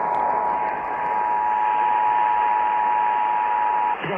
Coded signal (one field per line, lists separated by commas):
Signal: Emergency Alert System (SAME) tones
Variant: 853 and 960 Hz attention tone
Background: speech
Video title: SE Michigan’s RMT (EAS #4429)